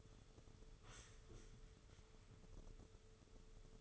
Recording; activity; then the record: daily activity, microphone in the room; sit down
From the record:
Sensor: 4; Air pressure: 995.3 hPa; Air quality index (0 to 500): 218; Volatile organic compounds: 279 ppm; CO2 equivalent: 4432 ppm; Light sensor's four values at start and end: 16/42/16/19 and 15/37/14/16